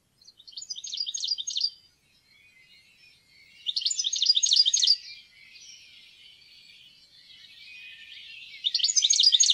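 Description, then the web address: European goldfinch giving short bursts of bright, rapid twittering, three phrases separated by quieter pauses of two to four seconds. "fuglelyder- stilits"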